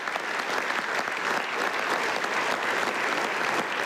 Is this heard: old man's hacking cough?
no